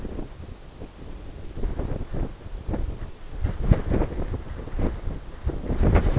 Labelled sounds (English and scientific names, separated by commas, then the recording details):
none
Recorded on Arctic tundra, site NAIT-1, on 20 June 2018
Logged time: 23:00